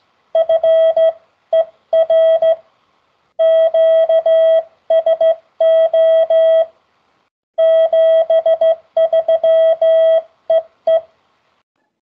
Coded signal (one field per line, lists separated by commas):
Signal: Morse code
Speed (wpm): 15 wpm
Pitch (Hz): 650 Hz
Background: none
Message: FER QSO 73 EE